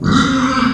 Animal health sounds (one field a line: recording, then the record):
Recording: squeal of a Yucatan mini pig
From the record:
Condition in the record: after surgery on the right vocal fold (resection and tissue-engineered implant)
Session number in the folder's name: 13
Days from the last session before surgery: 113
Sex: female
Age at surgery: 19 weeks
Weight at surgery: 25 kg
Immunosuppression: prednisolone